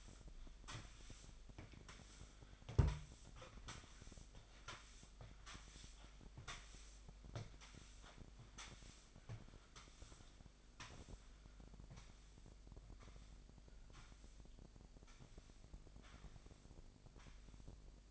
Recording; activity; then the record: daily activity, microphone in the room; sweep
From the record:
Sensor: 5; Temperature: 25.1 degrees Celsius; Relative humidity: 39.7%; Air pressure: 1001.7 hPa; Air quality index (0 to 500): 181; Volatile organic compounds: 12 ppm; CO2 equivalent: 2326 ppm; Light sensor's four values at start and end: 27/91/34/36 and 28/94/35/37